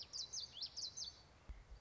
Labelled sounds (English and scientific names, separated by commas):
Common Yellowthroat (Geothlypis trichas)